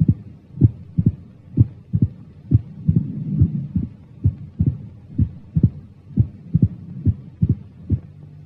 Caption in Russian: Стенозе на верхушке сердца выслушивается своеобразный трехчленный ритм, так называемый ритм перепела, при котором сразу после второго тона выслушивается добавочный звук, тон открытия митрального клапана.